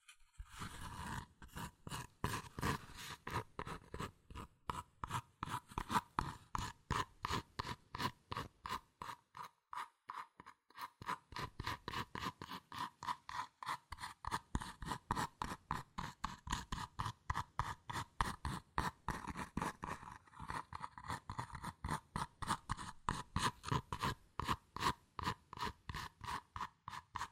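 Fast tapping and scratching on cardboard and paper, a rapid, fairly regular stream of dry, crisp strokes that runs almost the whole time. A brief lull comes around ten seconds before the quick rasping resumes, steady and dense through to the end.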